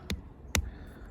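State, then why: Seated. A plastic front armor piece is pressed by thumb onto a snap-fit action figure model kit of the robot Scavenger (Blokees Transformers Galaxy Version, Wave 3). Two sharp, bright plastic clicks sound at 0.1 s and 0.55 s, the second louder, over a quiet background. The part snaps together and is seated.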